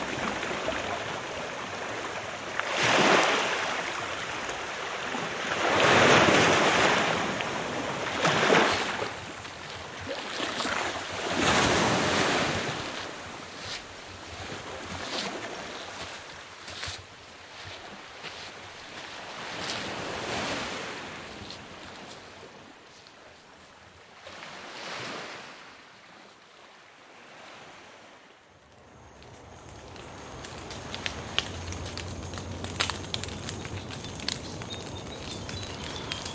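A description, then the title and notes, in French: Waves break and wash back over coral reefs in a bay, with surges of rushing water rising every few seconds, strongest around 6 and 11 seconds. The wash eases into a quieter lull near 25–28 seconds, then a steady hiss returns with a faint low hum. On commence par le ressac des vagues sur les récifs coralliens de la baie de Péhdé. Paysage sonore de Maré.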